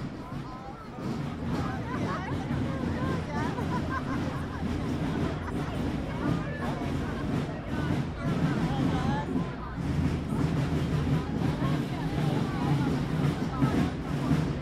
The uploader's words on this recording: A short binaural soundbite of the biggest selebration of the year, Norway's National Day.